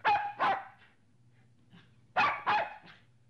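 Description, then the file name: Dog gives two groups of barks, each a quick double woof followed by a softer third, over a faint low hum. Medium-sized dog barking, in three variants of bark. "sobaka srednih razmerov laet 3 varianta"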